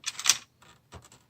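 A white plastic cable connector is pressed with a small push into its socket on the circuit board of a Brother MFC-J4510DW printer, giving a short burst of sharp plastic ticks that peaks in a crisp click at 0.3 s as it seats. Fainter light taps follow around 0.6 s and 1.0–1.1 s.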